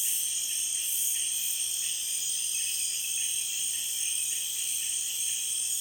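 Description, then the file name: Insect chorus, a dense unbroken high-pitched buzzing drone of stacked steady bands with gentle pulsing swells. Recorded in Peru. "Frog and insect chorus Peru"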